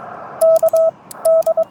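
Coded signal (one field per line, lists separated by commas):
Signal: Morse code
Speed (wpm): 22 wpm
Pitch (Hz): 650 Hz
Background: radio noise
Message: KD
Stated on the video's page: CW from a Parks On The Air activation at a state nature preserve, alongside SSB.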